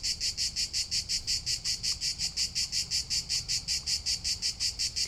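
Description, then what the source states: Cicada song, a harsh buzz broken into very even pulses, about three each second, steady from start to finish. Cicada chorus in Provence, heard as the background to a guided siesta meditation.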